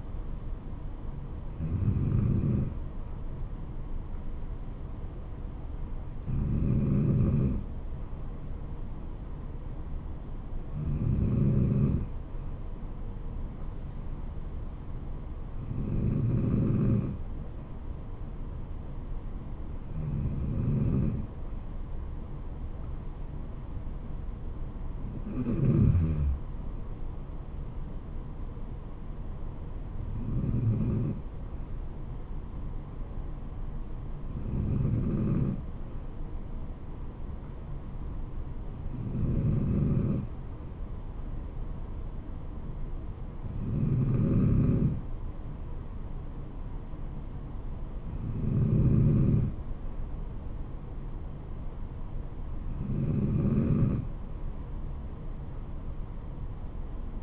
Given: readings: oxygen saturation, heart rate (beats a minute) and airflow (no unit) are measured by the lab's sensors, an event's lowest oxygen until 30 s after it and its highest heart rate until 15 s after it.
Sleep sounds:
breathing in sleep by a smartphone at the bedside; none
none scored
From the record:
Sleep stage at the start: N2 (light sleep); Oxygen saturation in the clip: 93 to 94%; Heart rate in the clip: 64 to 75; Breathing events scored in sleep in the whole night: 426 in 7.4 hours asleep

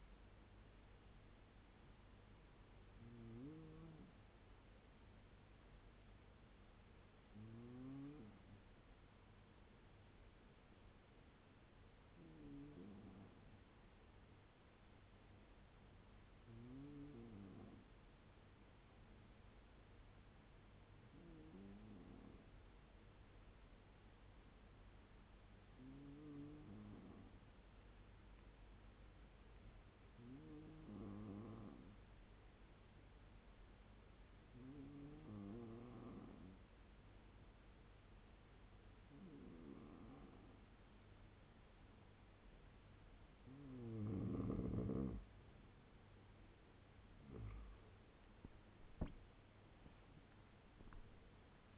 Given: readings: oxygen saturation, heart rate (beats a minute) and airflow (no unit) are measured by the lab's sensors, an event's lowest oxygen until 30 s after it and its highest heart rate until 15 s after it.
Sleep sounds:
breathing in sleep by a voice recorder at the bedside; 1
6.00-43.10 s: hypopnea (N2, oxygen 96% highest, then 93% lowest, heart rate 75 at the start, 85 highest)
From the record:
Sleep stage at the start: N2 (light sleep); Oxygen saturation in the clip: 93 to 97%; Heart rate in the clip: 71 to 85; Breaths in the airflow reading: 11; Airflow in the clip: -8.8 to 11.2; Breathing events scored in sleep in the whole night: 201 in 6.5 hours asleep

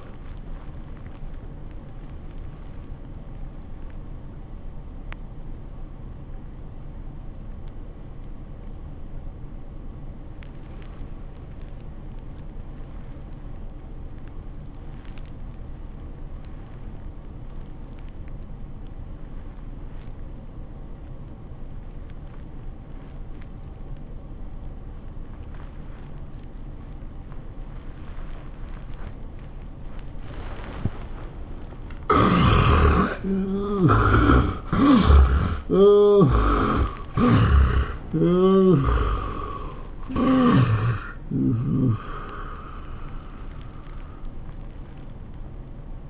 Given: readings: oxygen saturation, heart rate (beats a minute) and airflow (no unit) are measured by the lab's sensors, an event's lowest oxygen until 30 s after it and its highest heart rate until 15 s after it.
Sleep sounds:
breathing in sleep by a smartphone at the bedside; 1
5.00-29.40 s: obstructive apnea (N1, oxygen 94% highest, then 68% lowest, heart rate 85 at the start, 105 highest)
From the record:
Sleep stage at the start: N1 (lightest sleep); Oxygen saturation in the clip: 69 to 94%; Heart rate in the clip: 74 to 105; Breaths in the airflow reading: 3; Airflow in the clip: -21.1 to 15.1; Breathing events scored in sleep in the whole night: 403 in 5.5 hours asleep

